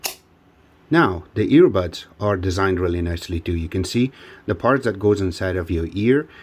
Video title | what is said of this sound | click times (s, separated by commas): Best Earbuds [2021]: Soundpeats T2 Bluetooth 5.0 Earbuds - Unboxing And Review | this is really designed nicely but when you close it you can hear the snap that means is | 0.1 s